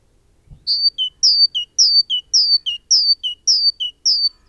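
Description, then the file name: Great tit song, loud and clean: about seven brisk repeats of a two-note phrase, high note then lower note, in an even, bouncing rhythm after a soft thump. "Parus major"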